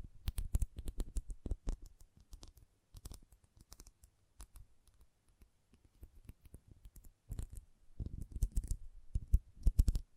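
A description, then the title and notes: Magnetic tingles: rapid, sharp clicks and scratchy taps arrive in dense clusters, with a deep thump under many of them. Activity thins to sparse, quieter clicks around the middle, then picks up again into a busy, louder flurry toward the end. ASMR Intense Magnetic Tingles (No Talking).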